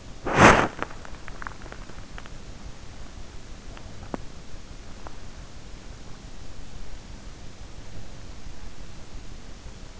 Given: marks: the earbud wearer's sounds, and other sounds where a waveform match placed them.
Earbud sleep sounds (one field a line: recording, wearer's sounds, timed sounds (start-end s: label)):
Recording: sounds in sleep by an in-ear microphone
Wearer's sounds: body movement, teeth grinding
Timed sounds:
0.00-1.19 s: body movement
1.53-5.65 s: teeth grinding